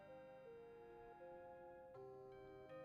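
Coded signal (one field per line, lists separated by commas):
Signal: none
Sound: game music beeps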